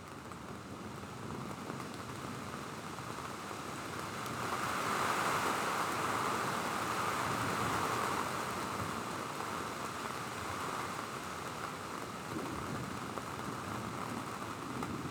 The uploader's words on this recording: Sounds of a Thunderstorm. I recorded an approaching thunderstorm from Jerome's Town.